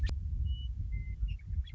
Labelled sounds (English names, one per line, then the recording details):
Western Meadowlark
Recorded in Sonoma County, California